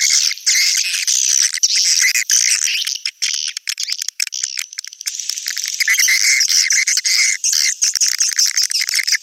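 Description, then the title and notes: Swiftlet chattering, a steady wash of high, rasping twitters with rapid repeated clicks. Swiftlet sound used in swiftlet farming, Asia. "Swiflet Bird Sound. Farming Swiflet Bird asia sound"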